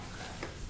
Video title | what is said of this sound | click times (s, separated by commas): How To Install Inside Mount With Valance Bali Roller Shades | I'm going to push this down, push this up, pops right in place. | 0.4 s